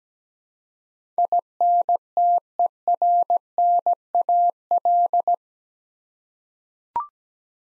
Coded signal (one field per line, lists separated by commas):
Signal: Morse code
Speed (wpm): 17 wpm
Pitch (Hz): 700 Hz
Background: none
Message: INTERNAL